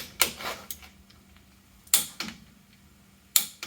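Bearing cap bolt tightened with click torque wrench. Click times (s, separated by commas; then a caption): 1.9 s, 3.4 s. A bearing cap bolt on a Jeep TJ Dana 30 axle, during a Torq locker install, is tightened with a click-type torque wrench set to 60 ft-lb. Sharp ticks sound at about 0.2, 0.7, 2.2 and 3.6 s, and the louder clicks at 1.9 s and 3.4 s are the wrench reaching its setting, clicked twice as intended.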